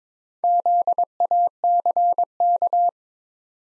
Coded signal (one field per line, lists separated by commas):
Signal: Morse code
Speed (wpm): 22 wpm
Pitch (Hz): 700 Hz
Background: none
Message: ZACK